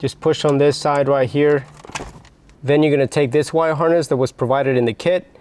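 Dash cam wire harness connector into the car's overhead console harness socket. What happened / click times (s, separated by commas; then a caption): The connector is being handled but has not clicked home yet / none. Someone talks while handling the kit's dash cam wire harness connector at the overhead console harness socket of an Alfa Romeo Giulia Quadrifoglio, with a brief quieter pause of faint handling noise in the middle. The connector has not seated or clicked yet.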